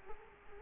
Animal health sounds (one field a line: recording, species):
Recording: mosquito wingbeat signal from an infrared sensor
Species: Culex quinquefasciatus